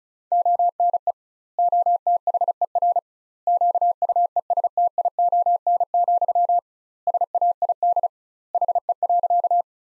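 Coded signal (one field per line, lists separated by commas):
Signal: Morse code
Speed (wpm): 34 wpm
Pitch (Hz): 700 Hz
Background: none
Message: ONE OTHER QUESTION, SAID HE.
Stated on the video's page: Morse practice sentences from the top 400 words at 35 wpm, sent with 2x standard word spacing, a Farnsworth-like method applied to words.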